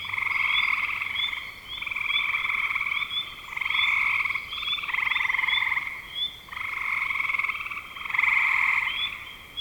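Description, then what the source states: Frogs calling in a chorus: pulsed, rattling trills in bursts of one to two seconds with brief gaps, overlaid by short rising chirps repeated throughout. Recorded in spring 2025.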